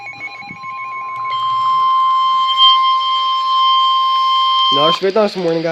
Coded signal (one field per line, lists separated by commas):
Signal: Emergency Alert System (SAME) tones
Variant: 1050 Hz attention tone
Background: speech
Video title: Severe Thunderstorm Warning (EAS#128)